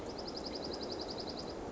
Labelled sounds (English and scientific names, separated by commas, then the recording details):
Dark-eyed Junco (Junco hyemalis)
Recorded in Sonoma County, California